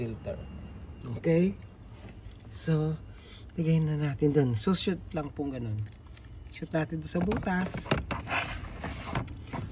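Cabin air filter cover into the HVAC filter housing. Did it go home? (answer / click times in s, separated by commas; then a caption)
yes / 9.2 s. Someone talks while a carbon cabin air filter is slid into the slot behind the glovebox of a 2022 WRX. Its plastic cover is pushed into the HVAC filter housing until it clicks and locks at 9.2 s, and the cover is seated.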